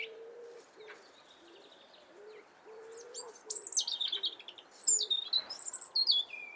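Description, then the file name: European robin song: thin, high, warbling phrases with sliding, descending whistles begin after about three seconds, with a few quiet low notes early on. "Erithacus rubecula"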